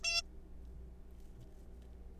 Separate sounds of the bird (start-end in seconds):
0.04-0.22